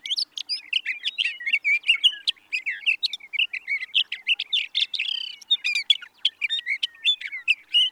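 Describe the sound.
Sage thrasher singing a continuous, fast jumble of sweet warbles, trills and clipped notes, pouring out without any break.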